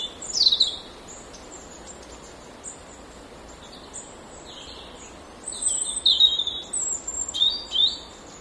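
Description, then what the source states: European robin singing thin, high, sweet warbled phrases, a brief burst early then a longer tumbling run of varied notes after a pause, over a steady rushing background hiss. Recorded beside a mill stream on 10 November 2014.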